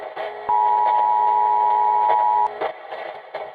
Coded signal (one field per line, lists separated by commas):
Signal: Emergency Alert System (SAME) tones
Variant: 853 and 960 Hz attention tone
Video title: EAS Scenario 1 - They are here now...